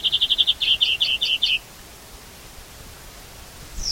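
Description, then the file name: European greenfinch giving a fast even trill that slows into separated swooping notes, then a brief high buzz at the end. "Chloris chloris"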